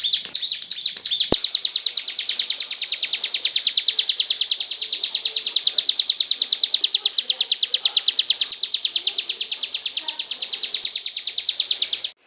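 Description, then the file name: Bird song in a fast, steady stream of high, sharp repeated notes, held without pause for most. Song delivered in the ngebren style. "cb ngebren. omkicau"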